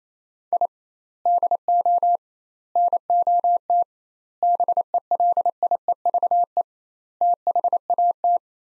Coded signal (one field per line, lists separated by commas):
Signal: Morse code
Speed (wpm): 28 wpm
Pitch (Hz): 700 Hz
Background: none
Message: I DO NOT BELIEVE THAT